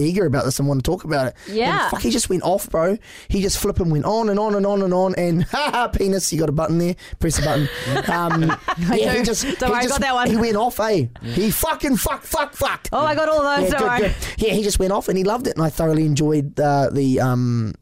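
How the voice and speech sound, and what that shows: Casual adult male speech broken by sudden out-of-place words such as 'penis' and rapid repeated swearing ('fuck'), typical of Tourette syndrome vocal tics with coprolalia; he lives with Tourette's, which makes him swear a lot.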